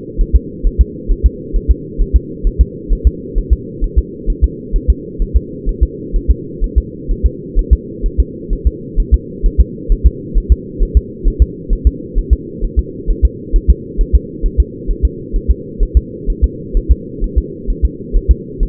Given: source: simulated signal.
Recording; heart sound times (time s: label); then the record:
fetal heart sounds
0.21 s: S1
0.35 s: S2
0.66 s: S1
0.81 s: S2
1.12 s: S1
1.26 s: S2
1.56 s: S1
1.71 s: S2
2.01 s: S1
2.16 s: S2
2.47 s: S1
2.61 s: S2
2.92 s: S1
3.07 s: S2
3.38 s: S1
3.53 s: S2
3.84 s: S1
3.98 s: S2
4.30 s: S1
4.44 s: S2
4.76 s: S1
4.90 s: S2
5.22 s: S1
5.36 s: S2
5.69 s: S1
5.83 s: S2
6.16 s: S1
6.31 s: S2
6.64 s: S1
6.78 s: S2
7.11 s: S1
7.26 s: S2
7.59 s: S1
7.73 s: S2
8.06 s: S1
8.20 s: S2
8.53 s: S1
8.67 s: S2
9.00 s: S1
9.14 s: S2
9.46 s: S1
9.60 s: S2
9.92 s: S1
10.06 s: S2
10.38 s: S1
10.52 s: S2
10.83 s: S1
10.97 s: S2
11.28 s: S1
11.42 s: S2
11.73 s: S1
11.87 s: S2
12.18 s: S1
12.33 s: S2
12.64 s: S1
12.79 s: S2
13.10 s: S1
13.25 s: S2
13.56 s: S1
13.70 s: S2
14.01 s: S1
14.15 s: S2
14.46 s: S1
14.60 s: S2
14.91 s: S1
15.05 s: S2
15.36 s: S1
15.50 s: S2
15.83 s: S1
15.97 s: S2
16.30 s: S1
16.44 s: S2
16.77 s: S1
16.91 s: S2
17.24 s: S1
17.38 s: S2
17.70 s: S1
17.85 s: S2
18.16 s: S1
18.31 s: S2
18.63 s: S1
From the record:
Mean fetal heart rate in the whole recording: 130 bpm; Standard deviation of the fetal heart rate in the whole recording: 4 bpm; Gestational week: 38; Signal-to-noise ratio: -4.1 dB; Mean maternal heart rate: no maternal heart sound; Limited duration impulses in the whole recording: absent